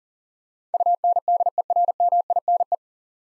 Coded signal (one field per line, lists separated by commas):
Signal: Morse code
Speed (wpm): 38 wpm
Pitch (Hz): 700 Hz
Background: none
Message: UNDERMINE